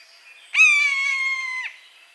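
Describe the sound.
Buzzard producing a single long, harmonic-rich mew, strong at onset, held level for about a second, then falling away abruptly.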